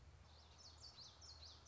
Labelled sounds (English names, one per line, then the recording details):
Common Yellowthroat
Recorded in Sonoma County, California